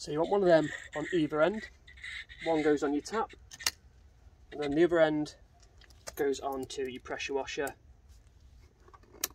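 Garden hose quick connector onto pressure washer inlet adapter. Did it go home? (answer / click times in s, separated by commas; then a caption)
yes / 9.2 s. A plastic snap-on garden hose quick connector is pushed onto a pressure washer's inlet adapter while someone talks, with faint rustling near the end. A sharp click at 9.2 s marks the connector seating securely on the inlet.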